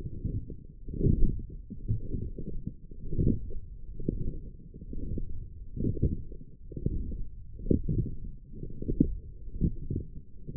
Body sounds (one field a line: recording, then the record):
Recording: forearm muscle sounds (acoustic myography)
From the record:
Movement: forearm pronation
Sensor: system 1, eight BSWA MPA416 microphones around the upper forearm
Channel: 2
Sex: female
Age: 22 years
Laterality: right